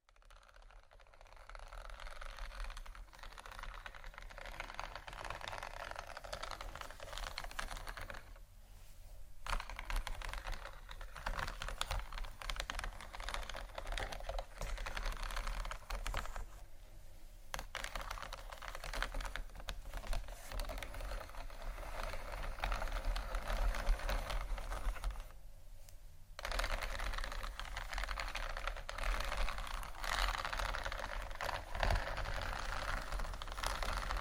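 Scratchy tapping runs almost without pause for the whole span, a dense, fast patter of small dry clicks and scrapes. Brief quieter gaps fall near 9, 17 and 26 seconds, and a low steady hum sits underneath throughout.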